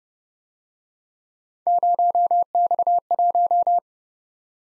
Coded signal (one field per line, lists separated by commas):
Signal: Morse code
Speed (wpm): 30 wpm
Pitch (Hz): 700 Hz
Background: none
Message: 0X1